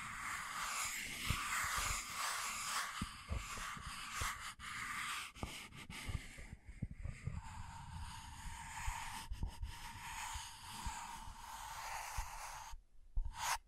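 Scratching and tracing, a dense, rough rasping that runs almost without pause, with frequent short strokes and clicks layered over a steady hiss. A brighter scraping band holds through the middle, and near the end the sound briefly drops out before one last scratch.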